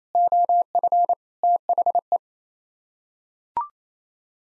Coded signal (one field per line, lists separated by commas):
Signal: Morse code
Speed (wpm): 28 wpm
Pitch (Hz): 700 Hz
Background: none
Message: OF THE